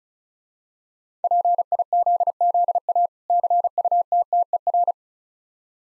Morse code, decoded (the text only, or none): PIZZA CUTTER